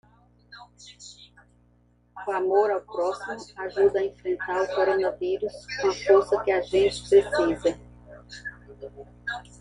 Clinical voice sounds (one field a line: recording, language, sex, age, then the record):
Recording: spoken sentence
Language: Brazilian Portuguese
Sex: female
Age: 50 to 59 years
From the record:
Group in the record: control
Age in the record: 55 years